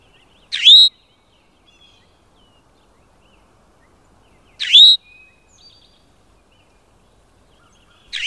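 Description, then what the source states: Eastern towhee calls: a single rising, slurred note, given three times about four seconds apart, with near silence between. On Nantucket; the call is the source of the onomatopoeic name 'towhee'.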